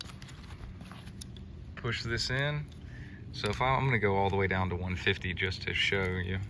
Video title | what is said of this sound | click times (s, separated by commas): Awesome deep water release tools free!! (Check to see if you qualify!!) | lock it closed just like that | 0.0 s